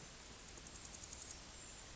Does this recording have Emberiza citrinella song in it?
no